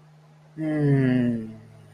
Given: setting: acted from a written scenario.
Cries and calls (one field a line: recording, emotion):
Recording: vocal sound without words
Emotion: contentment